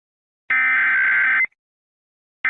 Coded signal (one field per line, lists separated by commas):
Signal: Emergency Alert System (SAME) tones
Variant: header bursts